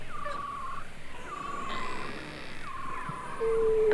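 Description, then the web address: Beluga whale whistles: three drawn-out calls that each dip then hold level, spaced about a second apart, followed by a sharp pure tone at the end. Several belugas in the Arctic. "Avant Garde Project. Arctic Belugas"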